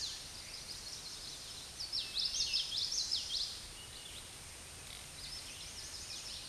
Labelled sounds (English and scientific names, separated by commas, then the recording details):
Common Yellowthroat (Geothlypis trichas) song
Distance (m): 30 m
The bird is about 10 m above the microphone
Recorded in a Pennsylvania forest on 16 May 2024 at 08:30
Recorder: AudioMoth, point MSD-2304
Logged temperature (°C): 16.0 °C
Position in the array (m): 236 m, 177 m